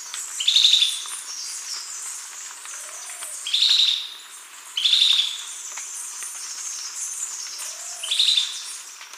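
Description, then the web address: Tyrannine Woodcreeper calls: four brief buzzy notes at uneven intervals, set against a continuous high-pitched hiss. Recorded in Ecuador. "S America Birds of Ecuador. Tyrannine Woodcreeper"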